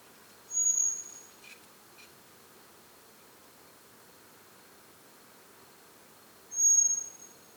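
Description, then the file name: Common blackbird giving two thin, very high whistles six seconds apart, with a couple of faint clicks in between and background hiss. "Turdus merula"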